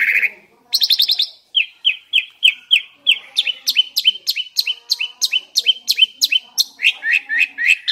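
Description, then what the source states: Asian pied starling opening with a buzzy note, then a long run of sharp, squeaky notes repeated about three times a second. Indonesian name jalak suren; the singing is described as gacor.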